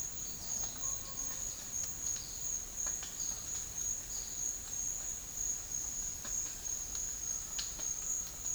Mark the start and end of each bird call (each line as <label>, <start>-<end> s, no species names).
bird call, 0.72-1.39 s